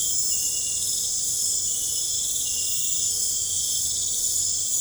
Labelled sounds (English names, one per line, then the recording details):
none
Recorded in pastures near Puerto Asís, Putumayo, Colombia, on 26 December 2024 at 00:00
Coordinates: 0.496, -76.326
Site G004